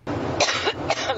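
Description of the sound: It wasn't her only coughing fit of the day. A woman on the plane. She's also coughing.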